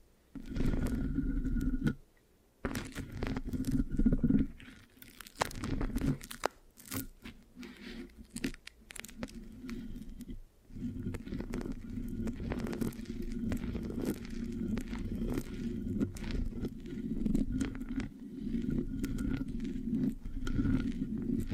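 Mic scratching with a sticky, tacky texture: dense, uneven scraping and crunching that runs almost continuously, with a low rumbling body and sharp crackling clicks on top. Brief near-silent gaps break it around two and ten seconds, and a faint steady tone hums underneath.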